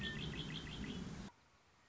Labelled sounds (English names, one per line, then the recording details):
Red-winged Blackbird
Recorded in Sonoma County, California